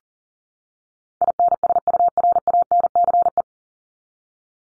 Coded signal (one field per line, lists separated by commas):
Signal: Morse code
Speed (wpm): 40 wpm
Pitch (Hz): 700 Hz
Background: none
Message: INSURANCE